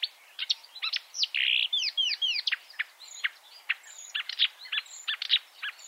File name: suara-kicauan-burung-marsh-warbler -omkicau